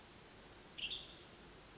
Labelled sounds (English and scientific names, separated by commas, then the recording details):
Western Tanager (Piranga ludoviciana)
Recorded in Sonoma County, California